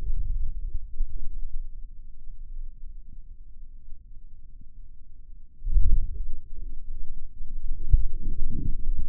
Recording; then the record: forearm muscle sounds (acoustic myography)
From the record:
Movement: wrist flexion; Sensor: system 2, bracelet of six BSWA MPA416 microphones around the upper forearm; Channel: 4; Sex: male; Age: 22 years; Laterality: right